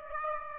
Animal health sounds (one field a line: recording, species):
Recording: mosquito wingbeat signal from an infrared sensor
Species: Aedes aegypti